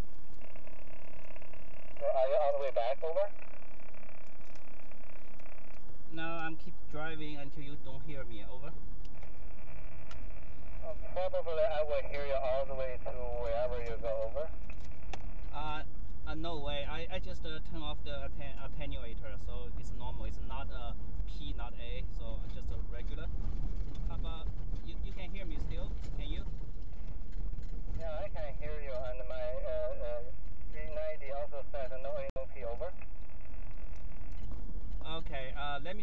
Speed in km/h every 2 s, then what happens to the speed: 0, 0, 0, 10, 18, 19, 23, 27, 29, 32, 35, 37, 34, 29, 24, 21, 21, 23.
0-5 standing. 5-21 pulls away to 37. 21-30 slows to 21. 30-36 steady at about 21.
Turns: none.